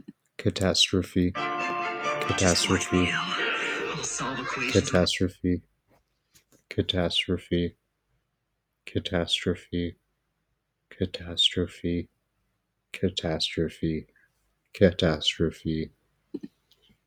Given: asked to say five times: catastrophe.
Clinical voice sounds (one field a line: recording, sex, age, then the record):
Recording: repeated word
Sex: male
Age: 20 to 29 years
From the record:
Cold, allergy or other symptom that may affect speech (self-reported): no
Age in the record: 25 years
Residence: Texas, United States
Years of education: 19